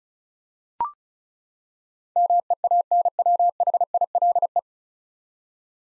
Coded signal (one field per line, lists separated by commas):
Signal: Morse code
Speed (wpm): 34 wpm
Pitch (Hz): 700 Hz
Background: none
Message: MEANWHILE